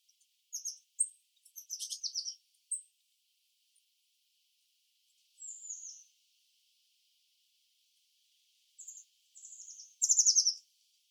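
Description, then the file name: Eurasian blue tit calls: high thin notes, short descending slurred phrases and a louder run of rapid notes near the end. "Cyanistes caeruleus"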